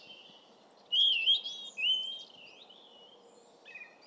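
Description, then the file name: European robin song: thin, high warbled whistles sliding up and down, with a loud wavering phrase near the middle and softer twittering notes after it. "Erithacus rubecula"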